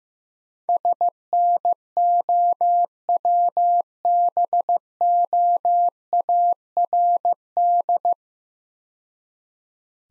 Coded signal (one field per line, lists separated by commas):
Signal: Morse code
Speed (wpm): 15 wpm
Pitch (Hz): 700 Hz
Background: none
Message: SNOWBOARD